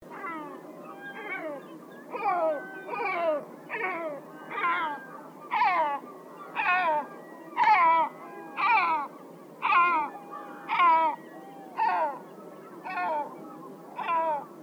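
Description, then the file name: Great black-backed gull giving a series of deep, harsh, downward-slurred calls, about one each second and fairly regular, over a steady low background hiss. "Havstrut"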